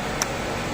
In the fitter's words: sampai bunyi klek gitu, sudah terpasang.